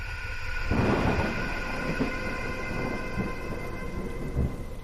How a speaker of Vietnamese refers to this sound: Trời càng mưa nặng hạt, tiếng sấm chớp vang rền như muốn xé toang cả bầu trời.